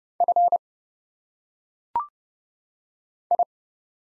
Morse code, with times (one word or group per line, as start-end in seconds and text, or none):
0.2-0.6 F
3.3-3.4 I